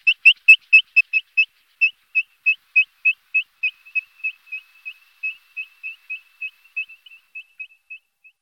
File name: kulík-hnědý